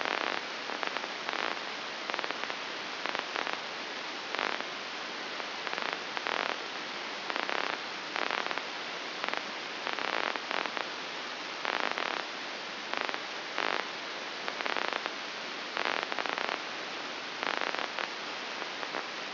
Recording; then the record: brain microelectrode recording played as sound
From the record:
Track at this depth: outside the subthalamic nucleus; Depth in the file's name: 7.26 mm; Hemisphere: left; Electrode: 2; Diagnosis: Parkinson's disease